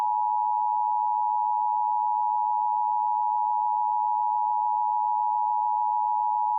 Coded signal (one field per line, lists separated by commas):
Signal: Emergency Alert System (SAME) tones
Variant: 853 and 960 Hz attention tone